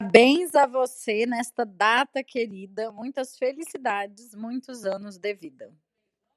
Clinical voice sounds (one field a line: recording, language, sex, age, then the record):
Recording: short text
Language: Brazilian Portuguese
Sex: female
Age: 30 to 39 years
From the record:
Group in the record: control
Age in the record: 37 years